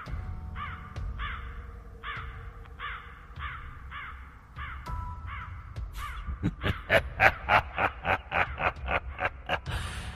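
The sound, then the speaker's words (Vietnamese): A flock of crows caws repeatedly, harsh raspy calls overlapping in a steady rhythm that grows louder and denser in the second half, with no one speaking. The crows gather in a dark mass, circling right above the roof of a coffee shop. “Từ bên ngoài, một đàn quạ từ đâu kéo đến bay ráo rác, tụ lại thành một đám đen xì xì, trao lượn ở ngay trên nóc của quán cà phê, kêu lên những tiếng thê thiết giận người.”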